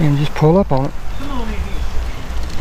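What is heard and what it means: A wiper blade's plastic adapter is being pulled up on the metal wiper arm hook of a 2012 Chevrolet Camaro 2SS/RS damaged by Hurricane Sally, while someone talks over a low, steady background hum. The adapter has not locked in place yet, and nothing has seated or clicked in this clip.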